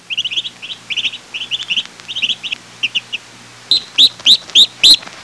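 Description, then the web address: Bird calls: rapid high chirps in quick clusters for over three seconds, then five louder, sharper rising notes spaced evenly apart. "haus bird"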